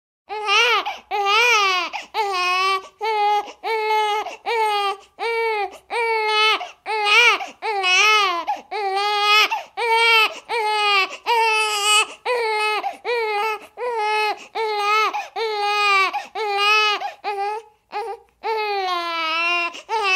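High-pitched, clear-voiced wails come in short, rhythmic bursts, about 70 a minute, separated by quick catch breaths over twenty seconds. This is the sustained crying of a newborn baby.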